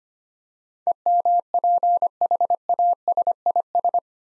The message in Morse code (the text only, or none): EMPHASIS